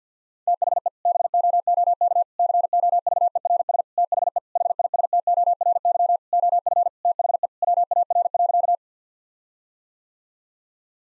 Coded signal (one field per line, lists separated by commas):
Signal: Morse code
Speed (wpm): 50 wpm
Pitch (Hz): 700 Hz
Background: none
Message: THE BOOK COVERS THE HISTORY OF THE WAR.